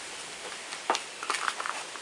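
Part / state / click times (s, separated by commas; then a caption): pistol into its fitted holster / not seated / none. A pistol is handled and moved toward a custom holster that fits it, producing soft rustling with a few sharp taps and scrapes at about 0.9, 1.3, 1.5 and 1.7 seconds. The pistol has not snapped in or seated in the holster yet.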